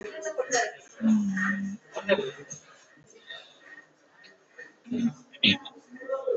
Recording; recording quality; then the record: sustained vowel as in boot; poor, much background noise or distortion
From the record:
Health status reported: exposed to COVID-19, no respiratory illness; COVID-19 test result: negative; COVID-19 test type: RT-PCR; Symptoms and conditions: cold, fever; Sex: female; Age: 24 years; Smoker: no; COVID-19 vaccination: one dose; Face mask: worn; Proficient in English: yes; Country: India